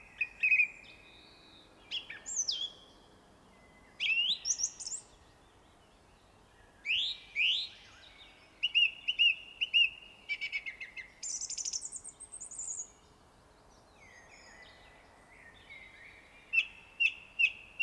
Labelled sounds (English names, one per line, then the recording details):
Song Thrush song
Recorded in the wild
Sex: male
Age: adult
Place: Erlangen, Bayern, DE
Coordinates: 49.6086, 10.9697
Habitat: forest
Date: 1962-05-04
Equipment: Stellavox SM 5, Original, Vollspur
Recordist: Tretzel, Erwin